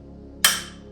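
A torque wrench tightening the next bolt on a bicycle stem faceplate gives one sharp, bright click at 0.4 s that fades over about 0.2 s against a low, steady hum. The wrench has clicked at its setting, and that bolt is done.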